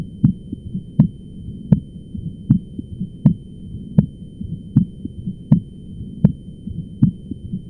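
Regular adult heartbeat at about 79 beats a minute. Each cycle has a crisp first sound, then a softer second sound that comes as two close taps. This is a split S2: the aortic and pulmonary valves close at slightly different moments.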